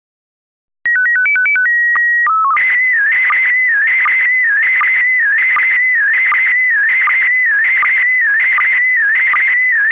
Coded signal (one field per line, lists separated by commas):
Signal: SSTV (slow-scan television)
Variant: PD 180